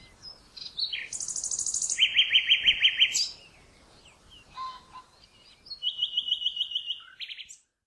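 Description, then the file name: Common nightingale singing a loud phrase of rapidly repeated chirping notes, a short pause with a softer note, then a second even trill of repeated notes. "Luscinia megarhynchos"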